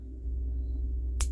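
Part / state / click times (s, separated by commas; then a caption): BB follower in a pistol magazine / seated / 1.2 s. On a CZ 75D Compact CO2 BB pistol by ASG, the spring-loaded BB follower of the drop-out magazine is pulled down along its track against a steady low hum. At 1.2 s a short, bright click is heard as the follower catches and locks into the loading position.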